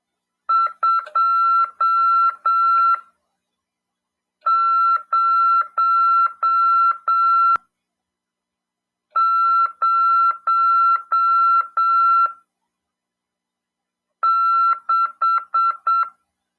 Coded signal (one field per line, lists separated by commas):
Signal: Morse code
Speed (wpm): 7 wpm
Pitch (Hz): 1350 Hz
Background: none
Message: 2006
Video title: RADIOAMADOR 1ªEd. 6/12/2022 "AULA 40: CW, LEGIS e C.RODADA" FM 146.410 Mhz. PY2EXU PAULO CRASP/RAF.